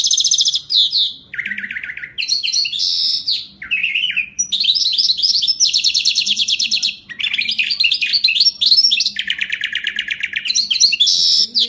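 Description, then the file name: Bimaculated lark singing continuously, alternating rapid rattling trills and buzzy high notes with short breaks between phrases, over a faint low hum. "drunk sound bimaculated lark"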